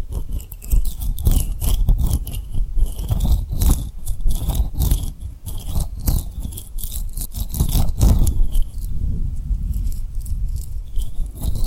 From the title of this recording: Tapping & Rubbing Rhinestone Lip Triggers